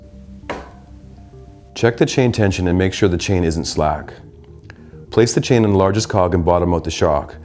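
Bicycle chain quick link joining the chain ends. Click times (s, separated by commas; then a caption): 0.5 s. During a SRAM X01 DH installation, with the rear brake applied, the crank arm is pushed down to pull the chain and engage the metal quick link (power lock) above the chainstay that joins the chain ends. A short, sharp click at 0.5 s marks the power lock clicking into place, seated. Someone then talks over faint steady background tones.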